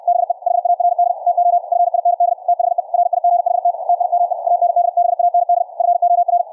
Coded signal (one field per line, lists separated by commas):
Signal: Morse code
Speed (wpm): 64 wpm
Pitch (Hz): 700 Hz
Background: radio noise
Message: BE HARD TO FIND THE RIGHT TIME AND BAND FOR